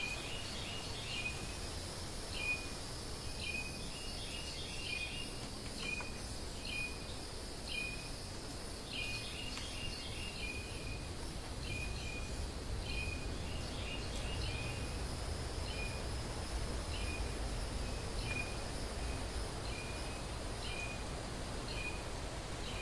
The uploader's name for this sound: wild bamboo forest